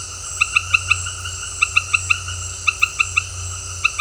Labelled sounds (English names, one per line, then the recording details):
none
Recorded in dense forest near Puerto Asís, Putumayo, Colombia, on 8 March 2025 at 18:00
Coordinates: 0.468, -76.322
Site GP01